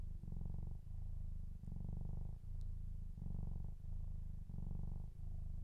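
Cat purring, a low rumbling vibration that swells and fades with each breath, roughly four breath cycles in under six seconds.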